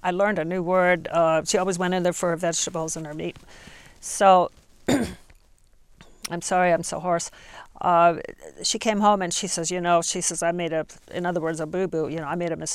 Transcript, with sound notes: I learned a new word." she always went in there fro her vegetables and her meat. So, – (she clears her throat) I'm sorry I'm so hoarse – she came home and she says, "You know I made a, in other words, a bu bu, you know, I made a mistake."